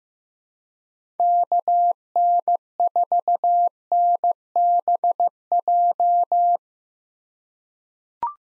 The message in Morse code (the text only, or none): KN4NBJ